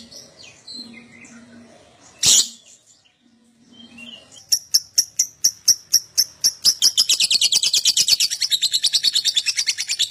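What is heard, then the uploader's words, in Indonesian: A lovebird gives a sharp burst near two seconds, then a fast regular series of clicking chirps that speeds into dense, high continuous chatter. Lovebird Dewasa.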